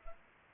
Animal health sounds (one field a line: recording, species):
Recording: mosquito wingbeat signal from an infrared sensor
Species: Culex pipiens